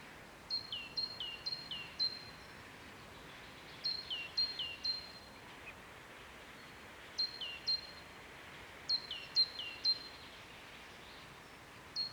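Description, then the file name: Great tit delivering rhythmic high-low whistled pairs in several short strophes separated by pauses, over low constant noise. "Parus major"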